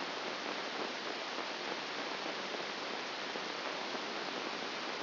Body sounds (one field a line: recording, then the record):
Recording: brain microelectrode recording played as sound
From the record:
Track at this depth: inside the subthalamic nucleus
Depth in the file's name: 1.705 mm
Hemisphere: left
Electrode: 2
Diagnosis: Parkinson's disease